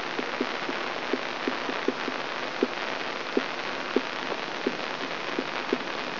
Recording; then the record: brain microelectrode recording played as sound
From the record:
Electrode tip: inside the subthalamic nucleus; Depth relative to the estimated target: 3 mm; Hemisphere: right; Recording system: AlphaMap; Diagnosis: Parkinson's disease